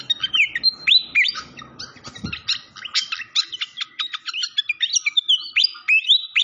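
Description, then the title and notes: Malaysian pied fantail song: lively run of squeaky upslurred whistles and sharp chips, delivered rapidly and steadily throughout. Training (masteran) song with a clear voice, mixed with the sound of gurgling water. "Masteran Sikatan Kipas Suara Jernih Dan Suara Gemericik Air. Suara Burung Sikatan Londo"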